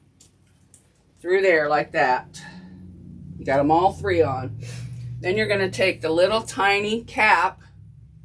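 Someone talks while handling parts for a tote bag, with the rivet posts pushed through the vinyl/canvas bag material and the little rivet cap picked up to be pressed on. Two faint, brief ticks sound near 0.2 s and 0.7 s before the talking starts. The cap has not yet clicked onto the post, so nothing has seated by the end of the clip.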